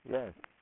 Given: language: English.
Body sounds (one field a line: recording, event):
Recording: throat vibration sensor signal played as sound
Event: speech